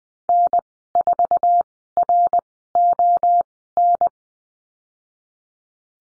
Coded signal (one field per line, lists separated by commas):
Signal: Morse code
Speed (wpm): 20 wpm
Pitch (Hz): 700 Hz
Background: none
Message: N4RON